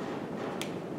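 A crimped contact pin is pushed into the plastic body of an MC4 solar connector until it snaps home. Against a steady low background, a short, bright click is heard at 0.6 seconds. The pin is seated.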